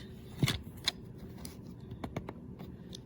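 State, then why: Not seated. Someone pushes the plastic door lock closed on an Oreck Commercial XL Pro 5 Super Compact bagged canister vacuum cleaner body, making a few short plastic taps and rattles. Nothing has clicked into place; the door lock fails to stay locked and does not hold.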